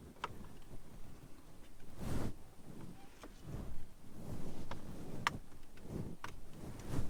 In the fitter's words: And just push till it snaps, and we are in.